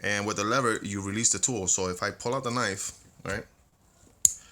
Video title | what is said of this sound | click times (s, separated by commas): SOG PowerPlay ( Is it worth it? ) Real issues...! | you heard it lock right | 4.2 s